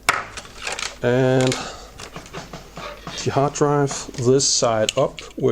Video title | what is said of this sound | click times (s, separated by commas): Vintage Laptop - Acer Travelmate 202T - Part 2 | down into the slot. Click. | 0.1 s